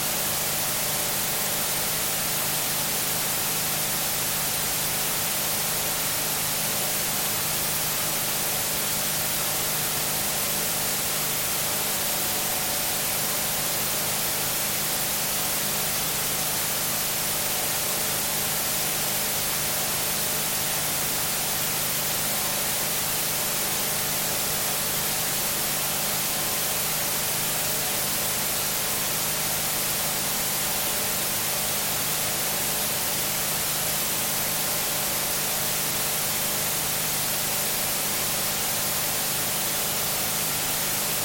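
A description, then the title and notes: Mechanical noise and static run unchanged for the whole clip, a dense, even hiss that is bright and fills the upper range. Beneath it sit steady low hums and a few faint tones in the middle, with no pauses or distinct events. Mechanical Noise and Static.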